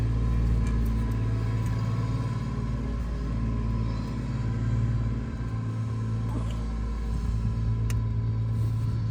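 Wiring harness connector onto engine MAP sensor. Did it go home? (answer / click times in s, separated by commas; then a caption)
no / none. A wiring harness connector is pushed back onto a newly installed Hardway Performance 10BAR MAP sensor on a 2018 Ram 6.7 Cummins engine. A steady low rumble and hum runs throughout, with one brief sharp sound near 7.9 s. The connector has not clicked or seated yet.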